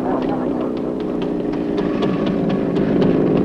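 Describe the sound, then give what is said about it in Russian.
An Izh motorcycle engine drones steadily with a rough, low rumble and faint rhythmic pulses as a young man rides up on it, holding a fairly even loudness that swells slightly toward the end. “Молодой человек подъезжает на мотоцикле «Иж» к секретарю партийной организации.”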